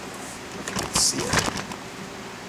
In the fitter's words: right there there's a click but that pops off you stick the clip off and put it right back in that little spot